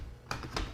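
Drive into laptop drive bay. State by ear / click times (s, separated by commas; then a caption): partly seated / 0.3 s. A replacement drive is pushed into its recess in a laptop drive bay from the other direction, making a short click at 0.3 s, followed by softer clicks at about 0.4 s and 0.6 s. The drive goes in but is not fully seated; something is still not seated right, leaving a bulge in the laptop case.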